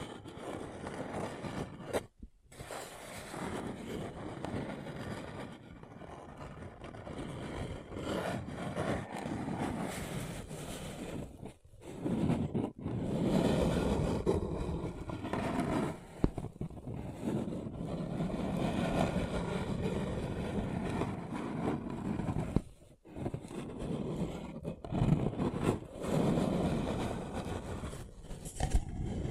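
Paper cup tingles: a steady run of scratching, crinkling and rubbing on a paper cup, dense and mostly low to mid in tone with a rough, rumbling texture. The handling pauses briefly around 2, 12, 16 and 23 seconds, then resumes.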